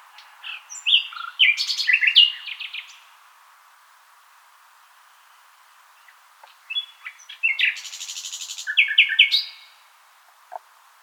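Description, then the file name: Common nightingale song: two bursts of rich, varied whistles, chirps and a buzzy rattle, separated by several seconds of near silence. "Luscinia megarhynchos"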